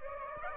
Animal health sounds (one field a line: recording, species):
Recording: mosquito wingbeat signal from an infrared sensor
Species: Aedes aegypti